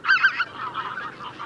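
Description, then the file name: Greater white-fronted goose: greater white-fronted geese in a loud cluster of squeaky, yelping honks at the start, then a softer, continuous babble of overlapping calls. Flock chatter ('bazaar') of greater white-fronted geese, for an electronic hunting caller. "Белолобый базар"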